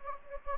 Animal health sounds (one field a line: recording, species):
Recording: mosquito wingbeat signal from an infrared sensor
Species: Anopheles gambiae